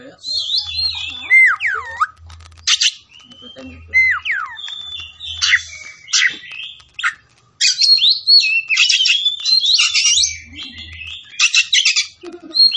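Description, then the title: Oriental magpie-robin song mixing swooping whistles with harsh rattling bursts and rapid trills, sung in vigorous phrases with short gaps, over an intermittent low hum. Tretes; singing vigorously, described as gacor. "Kacer Tretes Gacor"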